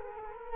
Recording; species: mosquito wingbeat signal from an infrared sensor; Culex quinquefasciatus